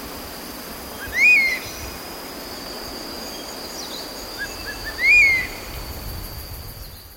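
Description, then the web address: Black hawk-eagle giving two clear, upslurred then falling whistles roughly four seconds apart, with a thin high insect tone running throughout. Recorded in Ecuador. "Natures Songs S America Birds of Ecuador. Black Hawk Eagle"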